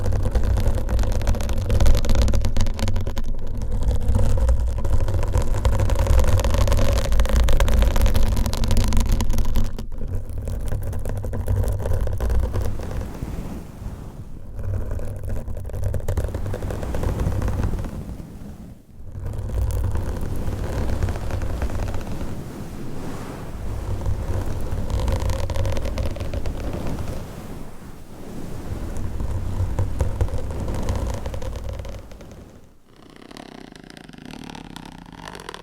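Dense scratching and rubbing with a low rumbling undertone, continuous but dipping briefly around 10, 15, 19 and 33 seconds.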